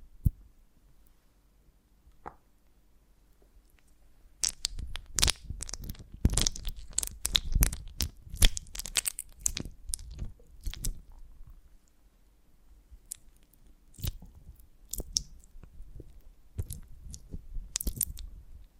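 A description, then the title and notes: Honeycomb on a branch being handled and bitten, with sharp crackling crunches clustering densely between five and eleven seconds, then sparser snaps after. ASMR of a Honeycomb on Branch (No Talking).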